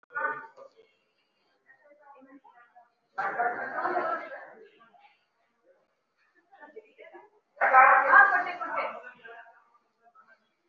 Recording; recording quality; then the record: deep breathing; poor, much background noise or distortion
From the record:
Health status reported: recovered from COVID-19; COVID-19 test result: positive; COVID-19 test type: RT-PCR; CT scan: not taken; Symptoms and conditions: cough, cold, sore throat, fatigue, muscle pain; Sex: male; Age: 37 years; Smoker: no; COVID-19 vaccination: both doses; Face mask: worn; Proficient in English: yes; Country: India